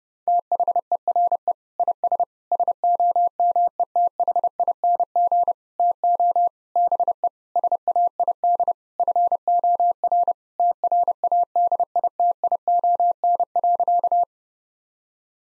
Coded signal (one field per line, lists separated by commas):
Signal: Morse code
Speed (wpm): 32 wpm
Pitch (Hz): 700 Hz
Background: none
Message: THERE IS SOMETHING TO BE SAID FOR TRADITION.